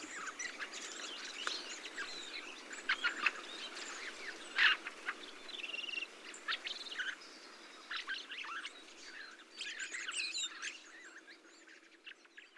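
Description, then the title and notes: Thrushes calling more sparsely, with scattered chirps, rattles and squeaks over a soft background hiss. Large mixed flock of mistle thrushes, song thrushes, redwings, fieldfares and some blackbirds feeding on abundant berries, singing; blue sky; Montagne du Puy, Drôme; 22 November 2020; Nagra Seven, Telinga Pro7 parabola. "POT-POURRI DE GRIVES. 22 novembre 2020-Montagne du Puy - Drôme. Grives draine, musicienne, mauvis et litorne plus quelques merles"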